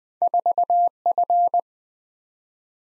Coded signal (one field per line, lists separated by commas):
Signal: Morse code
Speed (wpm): 20 wpm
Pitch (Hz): 700 Hz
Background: none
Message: 4F